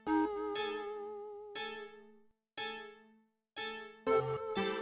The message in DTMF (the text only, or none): none